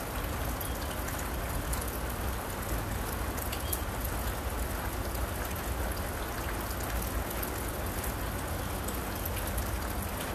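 Steady, dense rain falls without pause, with a deep low rumble underneath and brighter scattered drops ticking throughout.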